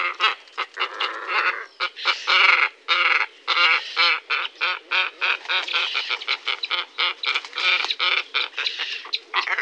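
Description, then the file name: Glossy ibis giving a rapid series of hoarse, grunting croaks, uneven bursts following one another almost without pause for nearly ten seconds. "morito comun"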